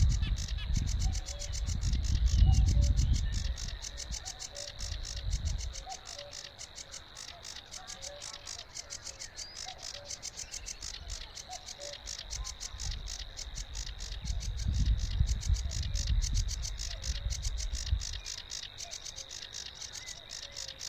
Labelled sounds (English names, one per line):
Sedge Warbler song